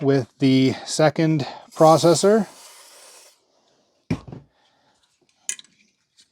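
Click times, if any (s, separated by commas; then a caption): 5.5 s. Someone talks, then a second Pentium II processor cartridge is pushed down into a motherboard's Slot 1 connector, with a knock at about 4.1 s. A sharp click at 5.5 s marks the cartridge seating fully home in the slot.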